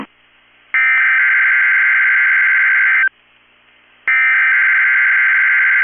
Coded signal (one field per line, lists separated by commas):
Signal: Emergency Alert System (SAME) tones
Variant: header bursts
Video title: 9/27/23 - KEC65 Required Weekly Test (EAS #884)